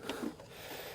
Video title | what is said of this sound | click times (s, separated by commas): Wybot C1 Robotic Pool Cleaner Setup | put it back in the machine so make sure you click this back into place and it actually clicks back into place | 0.1 s